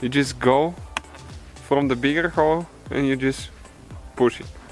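Someone talks while a plastic retaining clip that was not fully in is slid from the bigger end of the keyhole slot on the rear door trim panel of a 2008–2017 Ford Fiesta, during rear window motor replacement. A brief sharp tick is heard at about 1.0 s between the words, but nothing has seated or clicked home yet.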